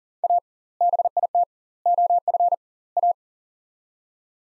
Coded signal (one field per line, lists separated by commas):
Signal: Morse code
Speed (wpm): 40 wpm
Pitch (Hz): 700 Hz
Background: none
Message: A BIT OF A